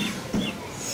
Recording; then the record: coughing mixed with background sound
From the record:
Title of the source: Spring Cold Coughing 3